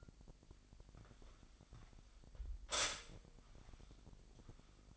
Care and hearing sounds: daily activity, microphone in the room; stop toaster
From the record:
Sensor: 5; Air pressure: 1002.0 hPa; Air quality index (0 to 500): 205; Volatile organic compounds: 19 ppm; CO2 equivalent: 2648 ppm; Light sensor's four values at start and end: 33/108/41/44 and 33/108/41/44

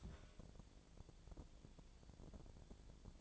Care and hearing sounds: daily activity, microphone in the room; take from stove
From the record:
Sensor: 5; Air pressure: 1000.1 hPa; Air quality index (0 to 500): 97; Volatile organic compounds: 1 ppm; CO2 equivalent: 792 ppm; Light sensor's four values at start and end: 340/802/348/390 and 340/808/348/390

